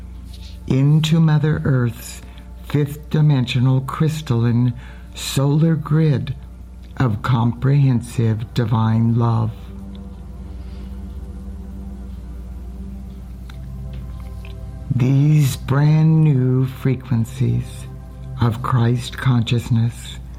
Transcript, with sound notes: into Mother Earth's fifth-dimensional crystalline solar grid of comprehensive divine love. (breaths) These brand new frequencies of Christ consciousness